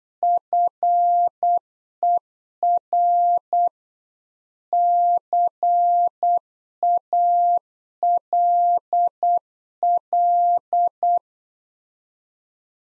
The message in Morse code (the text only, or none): FER CALL